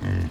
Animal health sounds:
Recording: contact call of a hoofed animal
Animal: wild boar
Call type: grunt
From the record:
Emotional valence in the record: positive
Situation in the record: food anticipation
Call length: 0.30 s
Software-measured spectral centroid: 1550 Hz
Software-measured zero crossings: 730 a second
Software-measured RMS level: -25 dBFS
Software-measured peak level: -15 dBFS

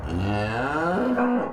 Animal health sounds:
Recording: contact call of a hoofed animal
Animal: cattle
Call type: low-frequency (closed-mouth) or high-frequency (open-mouth) call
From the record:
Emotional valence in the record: negative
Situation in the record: full separation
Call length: 1.53 s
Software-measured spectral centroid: 1290 Hz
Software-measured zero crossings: 1300 a second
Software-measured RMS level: -24 dBFS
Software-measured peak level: -12 dBFS

